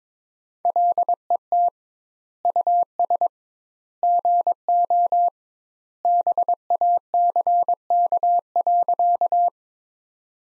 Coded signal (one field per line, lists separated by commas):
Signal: Morse code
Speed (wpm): 22 wpm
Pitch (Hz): 700 Hz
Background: none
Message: LET US GO BACK.